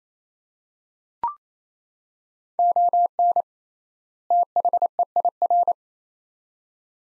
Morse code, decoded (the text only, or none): ON THEIR